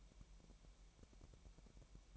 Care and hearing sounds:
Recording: daily activity, microphone in the room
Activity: take from stove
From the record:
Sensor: 1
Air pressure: 1002.0 hPa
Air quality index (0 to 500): 244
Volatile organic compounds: 48 ppm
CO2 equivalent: 3270 ppm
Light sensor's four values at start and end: 5/12/5/5 and 5/12/5/5

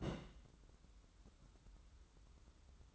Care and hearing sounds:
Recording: daily activity, microphone in the room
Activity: place on stove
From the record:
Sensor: 3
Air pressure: 994.4 hPa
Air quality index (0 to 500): 211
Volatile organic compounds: 1000 ppm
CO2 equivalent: 7042 ppm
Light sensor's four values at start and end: 198/477/201/199 and 198/476/201/199

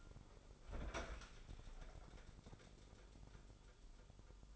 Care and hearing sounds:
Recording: daily activity, microphone in the room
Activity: open fridge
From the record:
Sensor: 5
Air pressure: 988.6 hPa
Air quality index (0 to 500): 218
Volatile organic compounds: 121 ppm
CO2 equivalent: 3882 ppm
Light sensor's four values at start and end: 41/126/49/52 and 42/127/50/53

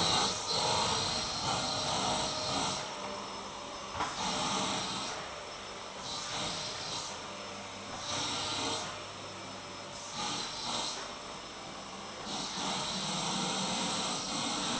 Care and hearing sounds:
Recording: daily activity, microphone in the room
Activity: vacuum cleaning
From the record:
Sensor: 3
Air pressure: 1009.5 hPa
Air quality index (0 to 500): 196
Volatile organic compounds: 16 ppm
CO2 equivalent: 2548 ppm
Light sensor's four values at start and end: 37/89/39/41 and 34/85/36/38

